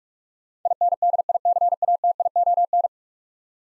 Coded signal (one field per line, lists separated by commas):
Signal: Morse code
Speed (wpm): 44 wpm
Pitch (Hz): 700 Hz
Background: none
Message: INDICATION